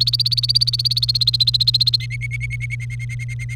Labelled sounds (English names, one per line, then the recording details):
Domestic Canary song
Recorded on 1 May 2018 at 10:38
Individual llb3